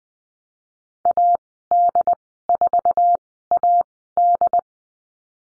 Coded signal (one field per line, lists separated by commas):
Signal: Morse code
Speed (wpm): 20 wpm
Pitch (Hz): 700 Hz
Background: none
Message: AD4AD